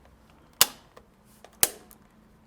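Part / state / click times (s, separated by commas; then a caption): smart light switch into wall box / seated / 0.6 s, 1.6 s. After the wiring is crammed into the wall box, a smart touch light switch is pressed into place. Two loud, sharp clicks ring out at 0.6 and 1.6 seconds, with a few faint ticks in between, and the switch panel snaps into place in the box. The clicks may instead be the relay clicking on power-up.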